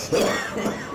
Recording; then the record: coughing mixed with background sound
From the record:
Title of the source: Spring Cold Coughing 3